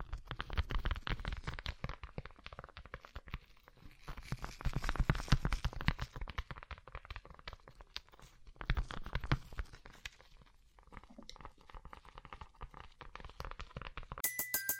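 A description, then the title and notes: Rhinestone-covered tapping: dense, rapid clicks and crunchy taps, busiest around five and nine seconds, thinning near eleven, then a brief tonal sound at the end. ASMR Rhinestone Covered Tapping 3Dio (No Talking).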